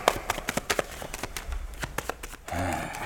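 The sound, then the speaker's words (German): Playing cards being shuffled during a card game, a quick run of crisp, irregular snaps and flutters lasting a couple of seconds, before a man's voice starts speaking at the end. “Du, das hat sich schon mal einer tot gemischt.”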